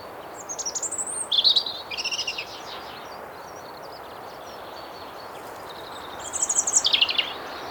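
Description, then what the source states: European robin song, thin high warbled phrases in short bursts near the start and again near the end, with wind noise underneath. Recent recording of a bright, almost brash robin singing in the foreground, in a small clearing in woods on a windy day.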